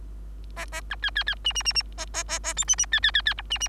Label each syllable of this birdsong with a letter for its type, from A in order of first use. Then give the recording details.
A A B C C C D D D D A A A A E D D C C C C F D D. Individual Bird3